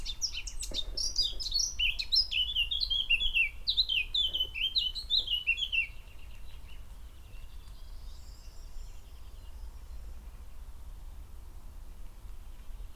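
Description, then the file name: Eurasian blackcap song: a six-second burst of scratchy notes turning into fluted, falling whistles, then quiet with faint birds. "Sylvia atricapilla"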